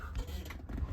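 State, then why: Not seated. The front swivel seat of a Stagecoach Promaster campervan is spun back on its base toward facing forward, making low rumbling handling noise with a brief sharp knock at 0.2 s. The seat's swivel lock has not clicked in yet; nothing has seated.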